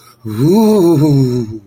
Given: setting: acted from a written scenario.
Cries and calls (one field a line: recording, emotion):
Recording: vocal sound without words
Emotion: romantic love